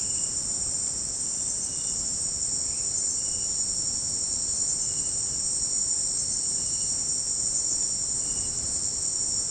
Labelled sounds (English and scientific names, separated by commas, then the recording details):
none
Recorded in secondary vegetation near Puerto Asís, Putumayo, Colombia, on 21 March 2025 at 18:00
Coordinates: 0.488, -76.319
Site G095